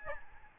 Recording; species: mosquito wingbeat signal from an infrared sensor; Aedes albopictus